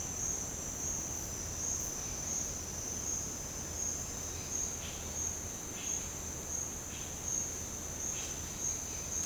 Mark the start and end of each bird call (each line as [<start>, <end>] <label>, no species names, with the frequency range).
[4.82, 4.96] bird call (1.8-5.0 kHz)
[5.75, 6.04] bird call (1.4-4.5 kHz)
[6.84, 7.14] bird call (1.8-4.6 kHz)
[8.07, 8.45] bird call (1.7-5.5 kHz)